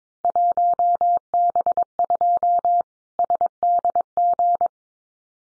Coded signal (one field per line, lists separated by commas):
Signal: Morse code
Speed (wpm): 22 wpm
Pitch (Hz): 700 Hz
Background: none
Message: 1B2 SDG